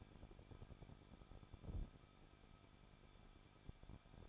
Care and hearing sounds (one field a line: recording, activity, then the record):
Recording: daily activity, microphone in the room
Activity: no activity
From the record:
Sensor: 5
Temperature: 20.8 degrees Celsius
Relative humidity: 38.4%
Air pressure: 1006.4 hPa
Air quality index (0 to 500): 190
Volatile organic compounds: 20 ppm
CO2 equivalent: 2679 ppm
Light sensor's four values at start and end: 2/3/1/1 and 2/3/1/1